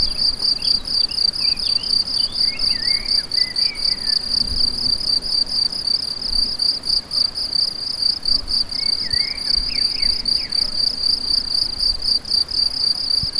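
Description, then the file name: Crickets chirping in a steady, rapid pulsing stream, repeated about twice a second, with faint bird calls in the background. Several crickets; recorded on an MZ-N710; dated 7 05 14. "MZ-N 710 Grillons 7 05 14"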